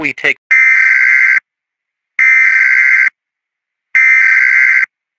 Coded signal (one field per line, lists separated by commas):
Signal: Emergency Alert System (SAME) tones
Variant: header bursts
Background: speech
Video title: EAS Scenario #9: Eggman's Announcement